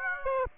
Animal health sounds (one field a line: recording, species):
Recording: mosquito wingbeat signal from an infrared sensor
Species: Aedes aegypti